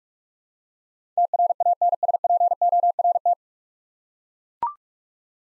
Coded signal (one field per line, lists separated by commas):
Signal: Morse code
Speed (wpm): 42 wpm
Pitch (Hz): 700 Hz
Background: none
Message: TRANSPORT